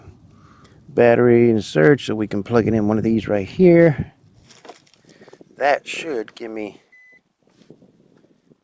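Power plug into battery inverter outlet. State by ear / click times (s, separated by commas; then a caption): not seated / none. Someone talks while handling the power cable plug of a client radio at the outlet on a battery inverter, with a few faint handling taps around 4.6–5.4 s and a brief high tone near 7 s. The plug has not seated or clicked into the outlet yet.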